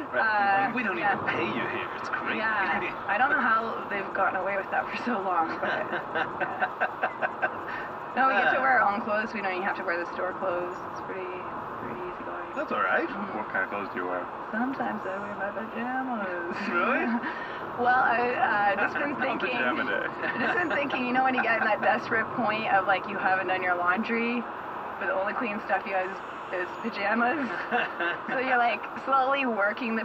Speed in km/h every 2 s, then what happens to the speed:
58, 57, 57, 56, 56, 53, 54, 53, 52, 50, 49, 48, 47, 48, 47.
0-30 slows to 47.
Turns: none.